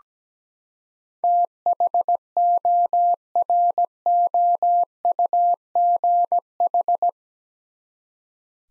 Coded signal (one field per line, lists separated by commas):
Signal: Morse code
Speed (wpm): 17 wpm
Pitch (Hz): 700 Hz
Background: none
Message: THOROUGH